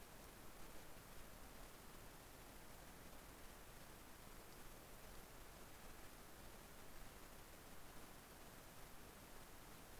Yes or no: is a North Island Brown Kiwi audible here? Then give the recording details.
no. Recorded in New Zealand on 11 December 2011. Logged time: 00:43. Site DD66